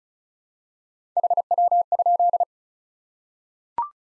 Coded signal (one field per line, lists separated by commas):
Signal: Morse code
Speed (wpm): 36 wpm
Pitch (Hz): 700 Hz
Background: none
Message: HW?